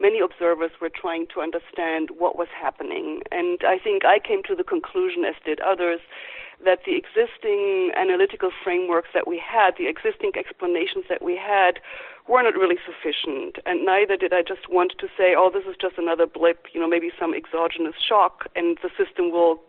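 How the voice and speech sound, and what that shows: An adult woman speaks in clear, connected sentences at an even conversational pace, with natural pauses between phrases. Her voice is steady and clear, with no blocks, repeats or slurring. This is ordinary fluent speech, heard over a slightly narrow, phone-like audio line.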